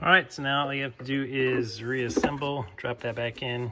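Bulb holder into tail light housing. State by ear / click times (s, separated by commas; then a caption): not seated / none. A tail light bulb holder is being handled for reassembly into the tail light housing of a Porsche Cayman/Boxster 987 during a brake light bulb replacement. Someone talks throughout. No snap or click is heard, and the holder has not yet been pushed in or seated.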